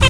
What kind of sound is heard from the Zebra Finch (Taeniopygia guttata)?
tet call